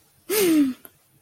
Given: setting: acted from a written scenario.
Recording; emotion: vocal sound without words; negative surprise